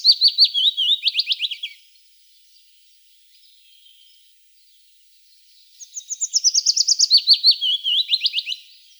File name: Penochka vesnichka